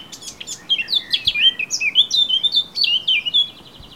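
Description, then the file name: Eurasian blackcap song, a fast run of clear, fluty whistled phrases sliding up and down, continuous for about the first three and a half seconds. "Sylvia atricapilla"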